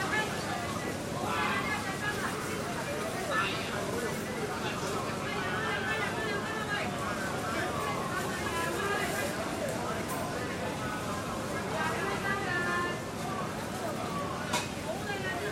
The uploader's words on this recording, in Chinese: Hong Kong-and its three wet markets。這段聲音是在街市旁馬路中心位置採集的，捕捉到小販熟練而忙碌的叫賣聲。